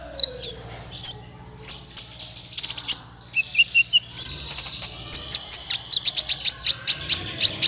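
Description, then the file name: Van Hasselt's Sunbird song: bright, high chirps and whistles that build into a rapid, even series of sharp ticks toward the end. "suara kolibri ninja"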